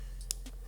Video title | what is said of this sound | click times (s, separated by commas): How to install a Brake Light Modulator on a 2018+ Suzuki SV650 by TST Industries | you also want to hear a click on that now before i proceed at this point i do want to take the key out | 0.3 s